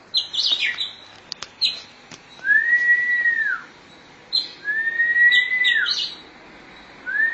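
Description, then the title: Oriental magpie-robin song: scratchy high notes, then long, clear, slightly arched whistles held just over a second each, repeated with pauses between. "Suara Kicauan Burung Kacer"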